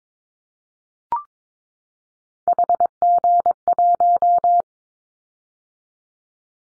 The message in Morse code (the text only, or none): HG1